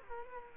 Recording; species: mosquito wingbeat signal from an infrared sensor; Culex quinquefasciatus